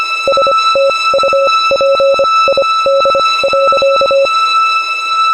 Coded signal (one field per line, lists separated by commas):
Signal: Morse code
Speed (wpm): 24 wpm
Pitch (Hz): 550 Hz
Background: none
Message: STUPID.